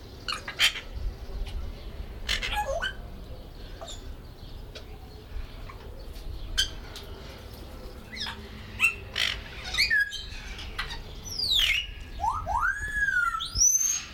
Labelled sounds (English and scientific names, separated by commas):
Grey Parrot (Psittacus erithacus)